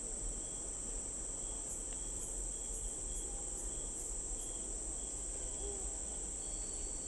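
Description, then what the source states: Night crickets: a continuous high insect trill with sparse, short, repeated chirps, set against steady low background noise. Recorded at night in an urban park or residential suburban backyard.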